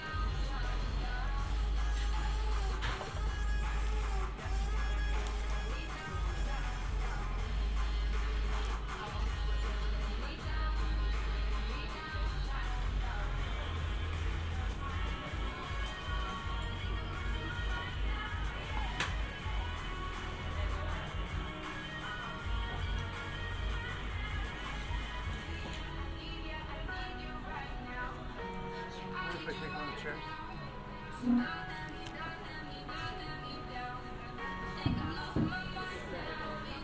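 A binaural field recording from Amsterdam in June: a dense, steady mix of low rumble, murmuring voices and faint tonal sounds, perhaps a passing vehicle or music. After about 26 seconds the hiss thins and the scene quiets, with sharp knocks near 31 and 35 seconds.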